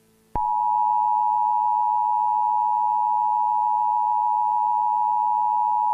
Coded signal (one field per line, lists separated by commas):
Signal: Emergency Alert System (SAME) tones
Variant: 853 and 960 Hz attention tone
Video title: (please) EAS Interupts Spongebob and the Cave and Patrick gets in shape on NickToons TV